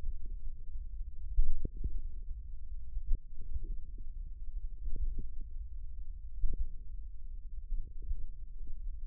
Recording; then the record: forearm muscle sounds (acoustic myography)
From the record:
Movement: hook grip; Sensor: system 1, eight BSWA MPA416 microphones around the upper forearm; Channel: 6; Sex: male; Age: 54 years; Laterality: right